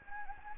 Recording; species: mosquito wingbeat signal from an infrared sensor; Anopheles gambiae